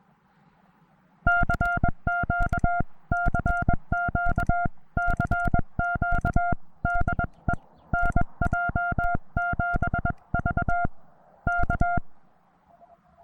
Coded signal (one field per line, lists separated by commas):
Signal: Morse code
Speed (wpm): 22 wpm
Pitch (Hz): 700 Hz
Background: music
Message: CQ CQ CQ DE NJ7V K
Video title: Simple Yet Reliable Morse Code Radio - Penntek TR-35 Transceiver